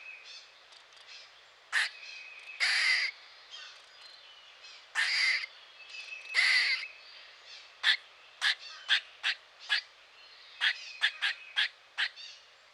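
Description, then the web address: Grey squirrel calls: several harsh, raspy barks, then a quick irregular run of short, sharp chucks. Eastern North America. "Dan Gibson Wildlife Identification By Sound, Eastern North America Pt 2. Grey Squirrel"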